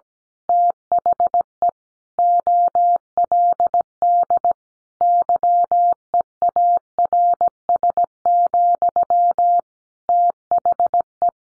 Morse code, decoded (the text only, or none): THE OLD YEARS, THE